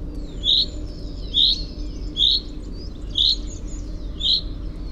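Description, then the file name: Common chaffinch giving bright, clipped single calls roughly every second, five in a row, over low background hum. "Fringilla coelebs"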